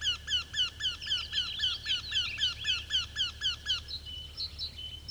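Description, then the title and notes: Eurasian wryneck: a regular, rapid series of nasal, downslurred 'quee' notes, about four a second, then a few thin high notes as it stops. Spring nature sounds; Päijät-Häme, Finland. "A33 Käenpiika. Kevät - Luontoääniä Päijät-Hämeestä. Ilkka Heiskanen"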